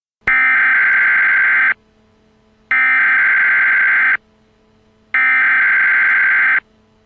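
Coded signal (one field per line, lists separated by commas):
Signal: Emergency Alert System (SAME) tones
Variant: header bursts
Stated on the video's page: Fake mock of a TV station's monthly EAS test.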